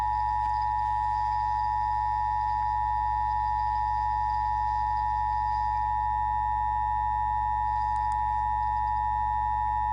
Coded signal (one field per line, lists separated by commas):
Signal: Emergency Alert System (SAME) tones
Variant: 853 and 960 Hz attention tone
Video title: EAS Tornado watch philiadelphia